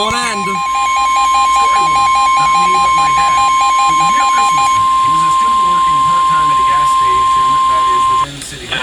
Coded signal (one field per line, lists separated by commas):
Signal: Emergency Alert System (SAME) tones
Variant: 1050 Hz attention tone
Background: speech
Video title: Here we go again. (EAS#349-353)